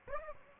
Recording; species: mosquito wingbeat signal from an infrared sensor; Aedes aegypti